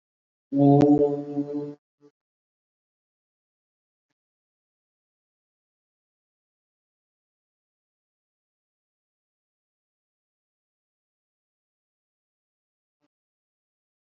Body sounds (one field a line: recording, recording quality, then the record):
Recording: sustained vowel as in boot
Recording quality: excellent, no background noise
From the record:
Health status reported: COVID-19 positive, no symptoms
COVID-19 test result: positive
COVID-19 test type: RT-PCR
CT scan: not taken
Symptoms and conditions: another respiratory illness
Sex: male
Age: 45 years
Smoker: yes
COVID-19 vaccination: both doses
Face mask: worn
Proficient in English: no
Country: India